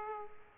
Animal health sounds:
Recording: mosquito wingbeat signal from an infrared sensor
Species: Aedes aegypti

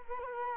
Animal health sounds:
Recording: mosquito wingbeat signal from an infrared sensor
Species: Culex quinquefasciatus

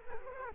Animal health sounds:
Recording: mosquito wingbeat signal from an infrared sensor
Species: Culex quinquefasciatus

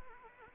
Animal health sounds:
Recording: mosquito wingbeat signal from an infrared sensor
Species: Anopheles arabiensis

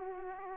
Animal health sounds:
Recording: mosquito wingbeat signal from an infrared sensor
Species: Aedes aegypti

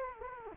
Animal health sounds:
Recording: mosquito wingbeat signal from an infrared sensor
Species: Anopheles gambiae

